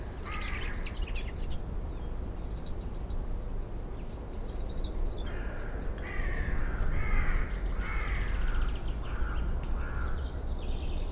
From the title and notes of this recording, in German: Today I'm taking you to the edge of a small village in the Black Forest. I placed my mics next to a hunting seat to listen straight into the forest. Birds sing and seem close enough to touch. Vögel singen und scheinen zum Greifen nah.